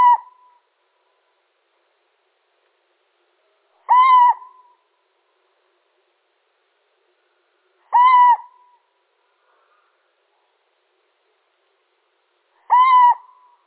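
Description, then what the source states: Little owl calling: single mewing notes, each about half a second and level in pitch, repeated four times roughly every four seconds in otherwise silent surroundings. Male.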